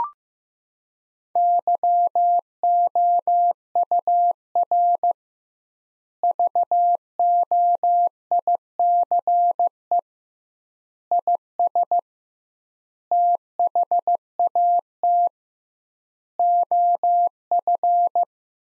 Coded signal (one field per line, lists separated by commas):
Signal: Morse code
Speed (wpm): 15 wpm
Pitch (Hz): 700 Hz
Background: none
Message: YOUR VOICE IS THAT OF